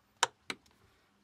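After the folding dive ladder of a 37-foot SeaHunter boat is folded up and its latches closed, the latch is worked so the metal safety pin drops into its locked position. Two sharp clicks are heard at 0.2 s and 0.5 s, followed by a few faint ticks around 0.7 s. The safety pin has fallen into place, leaving the dive ladder secured.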